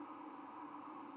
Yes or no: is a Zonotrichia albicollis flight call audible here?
no